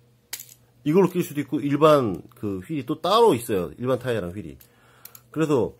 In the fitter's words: 이거 딱 누르면 딸깍 까고 삐딱 타고